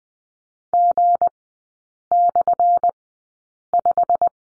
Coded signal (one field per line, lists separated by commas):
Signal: Morse code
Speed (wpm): 20 wpm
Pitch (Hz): 700 Hz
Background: none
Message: G/5